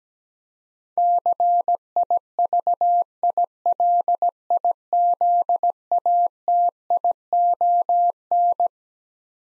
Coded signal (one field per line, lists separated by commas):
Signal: Morse code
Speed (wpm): 17 wpm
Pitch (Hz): 700 Hz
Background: none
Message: CIVILIZATION